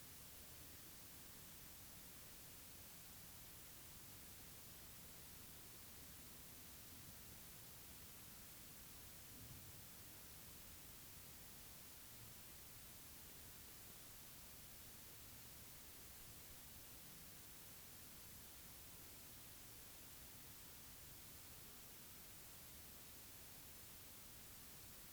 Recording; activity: daily activity, guitar pickup as the sensor; stand